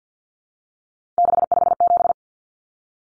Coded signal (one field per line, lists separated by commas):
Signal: Morse code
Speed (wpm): 49 wpm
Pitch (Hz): 700 Hz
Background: none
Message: 657